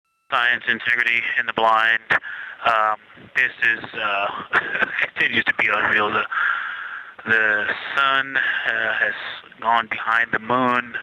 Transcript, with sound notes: SCIENCE, Integrity in the blind. This is (laughs) —continues to be unreal. The sun has gone behind the moon,